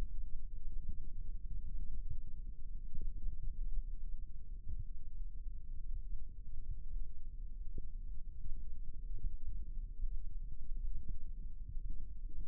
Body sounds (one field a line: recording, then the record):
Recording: forearm muscle sounds (acoustic myography)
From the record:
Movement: rest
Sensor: system 1, eight BSWA MPA416 microphones around the upper forearm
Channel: 5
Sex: male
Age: 18 years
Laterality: right